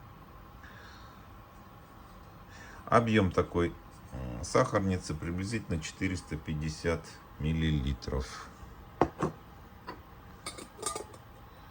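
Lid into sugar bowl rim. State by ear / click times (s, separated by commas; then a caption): not seated / none. Someone talks while a handmade silver lid is handled at the rim of a silver sugar bowl of about 450 milliliters, with short metallic taps and clinks between 9.0 and 10.9 seconds. The lid has not snapped into place yet; nothing has seated or clicked by the end.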